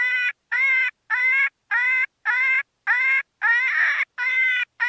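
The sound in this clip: Cottontail rabbit squealing calls, harsh harmonic cries repeated in a rapid, steady series, one call rougher and noisier near the end.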